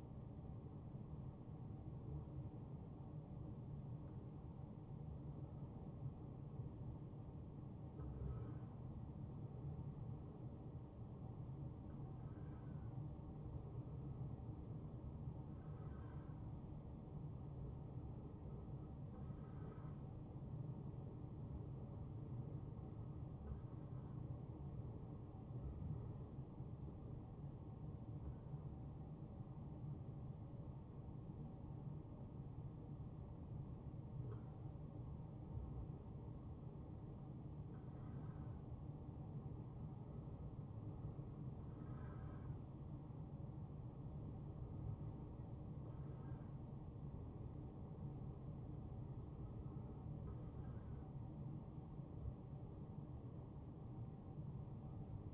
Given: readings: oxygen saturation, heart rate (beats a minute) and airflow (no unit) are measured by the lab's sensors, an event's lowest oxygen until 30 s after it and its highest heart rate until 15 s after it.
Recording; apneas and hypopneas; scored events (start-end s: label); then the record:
a person awake in a sleep study, by a smartphone at the bedside; none
0.00-55.34 s: awake
From the record:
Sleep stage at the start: awake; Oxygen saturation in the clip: 93 to 94%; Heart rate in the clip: 71 to 75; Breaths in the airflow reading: 13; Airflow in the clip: -3.0 to 3.4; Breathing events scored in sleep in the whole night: 263 in 5.5 hours asleep